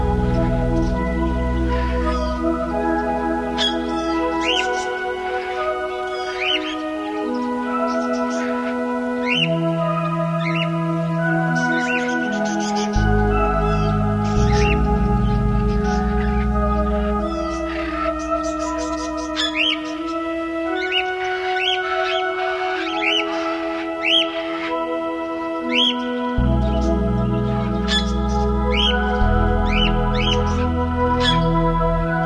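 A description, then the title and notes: Amazon rainforest sounds: quick, rising bird-like chirps repeat every second or so over a steady bed of held tones. A deep low note shifts in long blocks, dropping out briefly around thirteen and twenty-six seconds, while the overall level stays even throughout. Sounds of the Amazon rainforest.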